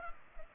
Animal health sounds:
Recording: mosquito wingbeat signal from an infrared sensor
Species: Culex pipiens

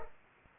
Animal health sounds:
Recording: mosquito wingbeat signal from an infrared sensor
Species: Culex pipiens

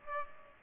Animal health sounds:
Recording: mosquito wingbeat signal from an infrared sensor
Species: Aedes aegypti

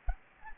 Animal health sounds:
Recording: mosquito wingbeat signal from an infrared sensor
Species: Anopheles gambiae

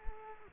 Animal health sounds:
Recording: mosquito wingbeat signal from an infrared sensor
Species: Culex quinquefasciatus

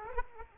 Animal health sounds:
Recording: mosquito wingbeat signal from an infrared sensor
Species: Aedes aegypti

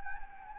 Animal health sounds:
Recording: mosquito wingbeat signal from an infrared sensor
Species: Anopheles gambiae

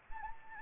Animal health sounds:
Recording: mosquito wingbeat signal from an infrared sensor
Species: Anopheles gambiae

